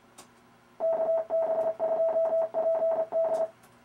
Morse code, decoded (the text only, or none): KB2PD